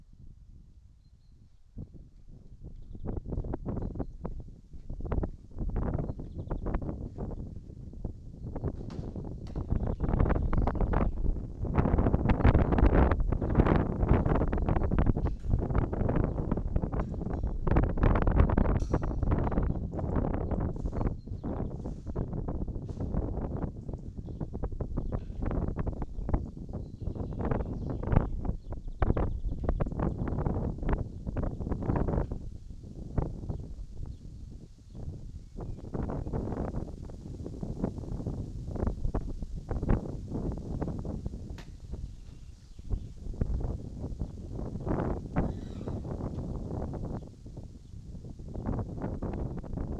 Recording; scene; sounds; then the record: everyday scene through a hearing-aid microphone; wind on the microphone; wind, other noises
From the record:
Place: in front of a rural house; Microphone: in the ear canal, right